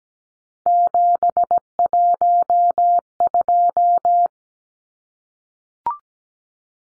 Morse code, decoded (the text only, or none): 712